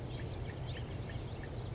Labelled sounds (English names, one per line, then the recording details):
Western Flycatcher
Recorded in Sonoma County, California